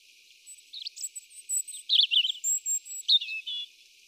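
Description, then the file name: European robin song of scattered high chirps building to bright warbled bursts, with faint thin whistled notes drawn out in the background. "Erithacus rubecula"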